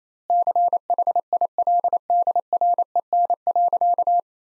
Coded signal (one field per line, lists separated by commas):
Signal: Morse code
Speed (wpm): 28 wpm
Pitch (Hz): 700 Hz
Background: none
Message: CHILDREN.